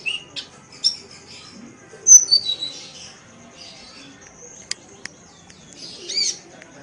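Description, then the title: Oriental magpie-robin: songbird giving scattered whistles, a short bright burst of notes, then a harsh rasping note near the end, with long quiet gaps. "Kicau Kacer"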